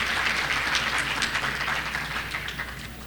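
crowd, audience applause

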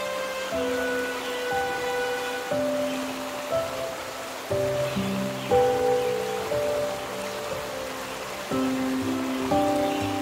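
nature, running water

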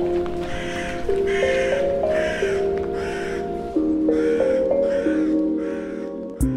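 bird, crow cawing

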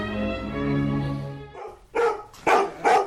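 animal, dogs barking

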